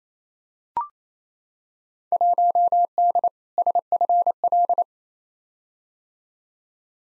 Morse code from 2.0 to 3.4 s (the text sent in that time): 1D